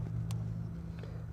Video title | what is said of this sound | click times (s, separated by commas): Essential Tips for Replacing Spark Plugs on a Ford 3.5L V6 EcoBoost! | i heard the click so i clicked in place | 0.3 s